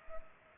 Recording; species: mosquito wingbeat signal from an infrared sensor; Culex pipiens